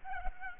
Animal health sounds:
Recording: mosquito wingbeat signal from an infrared sensor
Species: Culex pipiens

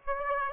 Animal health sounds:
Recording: mosquito wingbeat signal from an infrared sensor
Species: Aedes aegypti

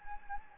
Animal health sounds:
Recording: mosquito wingbeat signal from an infrared sensor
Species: Anopheles gambiae

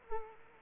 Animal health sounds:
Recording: mosquito wingbeat signal from an infrared sensor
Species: Culex quinquefasciatus

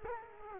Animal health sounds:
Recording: mosquito wingbeat signal from an infrared sensor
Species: Culex quinquefasciatus

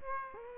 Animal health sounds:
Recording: mosquito wingbeat signal from an infrared sensor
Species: Aedes aegypti

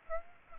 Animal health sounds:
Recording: mosquito wingbeat signal from an infrared sensor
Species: Aedes aegypti

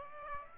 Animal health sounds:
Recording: mosquito wingbeat signal from an infrared sensor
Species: Aedes aegypti

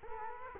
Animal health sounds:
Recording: mosquito wingbeat signal from an infrared sensor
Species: Culex quinquefasciatus

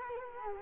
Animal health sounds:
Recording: mosquito wingbeat signal from an infrared sensor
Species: Culex quinquefasciatus

